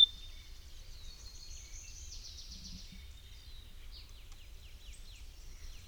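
Ortolan bunting song, a thin high phrase of repeated descending notes, faint against a steady low background rumble.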